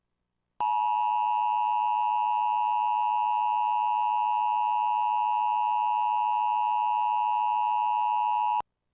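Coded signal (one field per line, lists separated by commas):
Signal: Emergency Alert System (SAME) tones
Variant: 853 and 960 Hz attention tone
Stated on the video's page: Civil emergency message generated by a DASDEC encoder.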